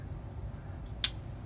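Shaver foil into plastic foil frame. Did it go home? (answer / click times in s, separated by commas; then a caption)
yes / 1.0 s. A replacement metal foil is slid and lined up into the plastic base of an electric shaver head and pushed until it snaps back in. A single sharp, bright click lands at 1.0 s over a quiet low rumble, and the foil is seated.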